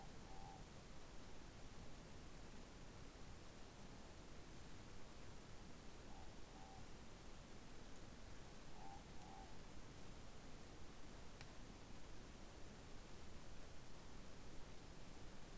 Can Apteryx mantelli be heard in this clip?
no